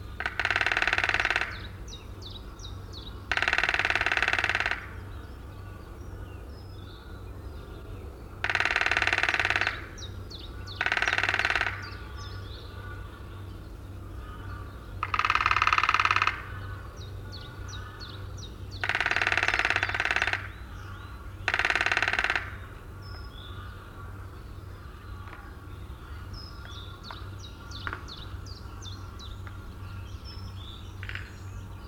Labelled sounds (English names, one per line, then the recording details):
Lesser Spotted Woodpecker drumming
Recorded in the wild
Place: Blumenholz, Mecklenburg-Vorpommern, DE
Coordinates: 53.36, 13.073
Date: 1979-04-20 06:00
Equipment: Nagra III BH, Sennheiser MD 21, parabola
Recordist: Schubert, Michael
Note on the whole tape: Trommeln Kleinspecht